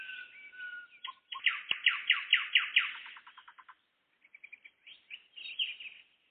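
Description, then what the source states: Nightingale song: a soft whistle, then a fast loud series of throbbing notes that turns into softer dry clicks, followed by brief twittering phrases. Singing on the evening of 11 May 2014.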